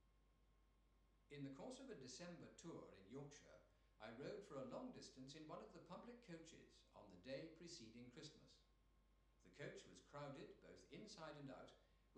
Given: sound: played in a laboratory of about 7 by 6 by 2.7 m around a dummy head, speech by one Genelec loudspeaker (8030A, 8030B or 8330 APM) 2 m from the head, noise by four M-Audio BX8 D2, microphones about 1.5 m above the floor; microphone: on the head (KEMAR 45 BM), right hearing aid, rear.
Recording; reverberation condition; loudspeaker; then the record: male speech in English; medium; behind (180 degrees)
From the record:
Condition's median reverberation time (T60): about 510 ms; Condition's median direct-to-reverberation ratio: about -0.5 dB